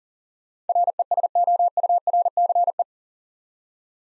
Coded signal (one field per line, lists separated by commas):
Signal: Morse code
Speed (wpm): 40 wpm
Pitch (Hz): 700 Hz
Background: none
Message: RESOURCE